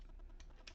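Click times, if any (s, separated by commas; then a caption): none. A plastic arm piece is worked into the arm joint of a Transformers Botropolis Rescue Mission Ironworks transforming robot building toy, with low rattling and handling noise and two brief, sharp plastic ticks at about 0.4 and 0.7 seconds. The arm has not yet locked into place; nothing has seated yet.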